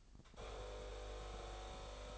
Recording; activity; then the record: daily activity, microphone in the room; make coffee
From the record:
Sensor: 5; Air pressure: 1007.4 hPa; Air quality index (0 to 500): 127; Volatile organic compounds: 1 ppm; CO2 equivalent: 964 ppm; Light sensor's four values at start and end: 29/67/27/29 and 29/67/28/29